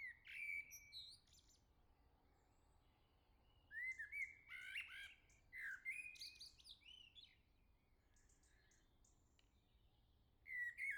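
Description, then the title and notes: Common blackbird singing mellow whistled phrases with high squeaky twittered endings, a long quiet pause, then the start of a new fluting phrase. Sings nearby on a morning at the start of summer, La Jarrie, France; recorded with SD MixPre-6 II, MS MKH40/30 in Cinela PIA2. "Le Merle salue l'été, 3 Gd Rue de Chassagne, 17220 La Jarrie, France. Quel Sol!!!! pour saluer l'arrivée de l'été ce matin! Merci Jolie Merle de tes vocalises à proximité!"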